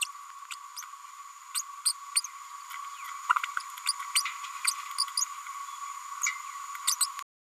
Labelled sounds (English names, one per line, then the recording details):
Green-rumped Parrotlet babbling
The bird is a female
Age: 32 days
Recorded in a nest box in Venezuela
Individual 17B102A5